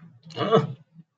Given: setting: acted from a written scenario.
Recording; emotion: vocal sound without words; negative surprise